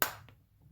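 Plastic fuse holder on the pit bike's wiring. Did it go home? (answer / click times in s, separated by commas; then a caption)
yes / 0.0 s. A plastic fuse holder on a pit bike's wiring, being repositioned so it doesn't pinch the cables, snaps home with one loud, sharp, broadband click at 0.0 s. A much fainter tick follows at 0.3 s. The fuse holder is confirmed seated.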